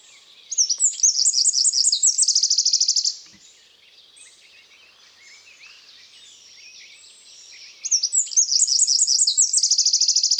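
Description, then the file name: Eurasian wren song sung twice, each a loud cascade of high twittering notes finishing in a rapid trill, with a quiet gap between. "Troglodytes troglodytes"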